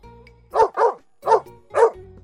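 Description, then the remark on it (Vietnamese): Lão Hạc's dog barks four times on its own, a quick pair of sharp mid-pitched barks followed by two more spaced out, each loud and short with quiet gaps between. “Con chó cứ tưởng rằng chủ mắng, vẫy đuôi mừng để lấy lòng chủ.”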